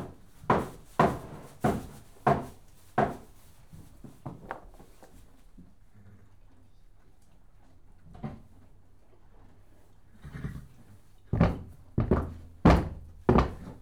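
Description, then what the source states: Horse kicks on a door, a burst of five hollow knocks, a quiet stretch with scattered taps, then another quick cluster of bangs. Horse kicking a stable door.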